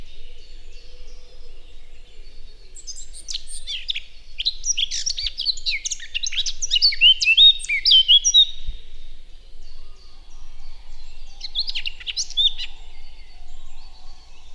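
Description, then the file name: Eurasian blackcap song: a long tumbling warble of quick scratchy and whistled notes midway, then a shorter burst of similar warbling after a brief pause. "Sylvia atricapilla"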